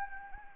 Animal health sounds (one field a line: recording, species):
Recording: mosquito wingbeat signal from an infrared sensor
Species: Anopheles gambiae